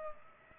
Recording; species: mosquito wingbeat signal from an infrared sensor; Culex pipiens